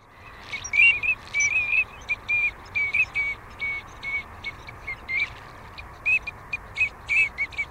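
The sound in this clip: Teal calls as brief, high whistles repeated irregularly throughout, over steady background noise.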